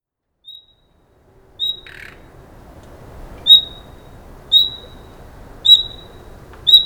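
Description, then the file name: Common nightingale whistle calls starting faintly after a quiet opening, then growing louder and repeating about once a second, with a short rough note early on. "Luscinia megarhynchos"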